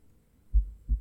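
Two deep, dull thumps about a third of a second apart, like a single lub-dub pair from a heart heard close to the chest. There are no hissing or whooshing sounds between them. The clip is too short to give a rate.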